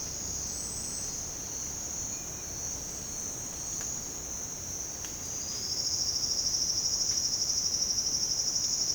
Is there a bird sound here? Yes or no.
no